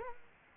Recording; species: mosquito wingbeat signal from an infrared sensor; Culex quinquefasciatus